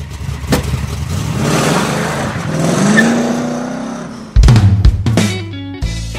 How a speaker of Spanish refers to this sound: Así que yo diría que nos vayamos un poquito de viaje. porque bueno, que prendamos la moto. ¿Prendemos la moto?